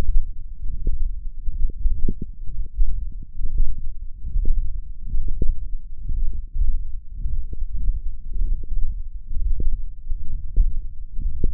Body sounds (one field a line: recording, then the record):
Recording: forearm muscle sounds (acoustic myography)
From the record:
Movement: ulnar deviation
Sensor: system 1, eight BSWA MPA416 microphones around the upper forearm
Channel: 5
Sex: male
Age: 21 years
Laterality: right